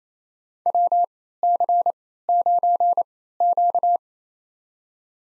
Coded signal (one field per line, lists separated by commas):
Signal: Morse code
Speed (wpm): 29 wpm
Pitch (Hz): 700 Hz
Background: none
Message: WC9Q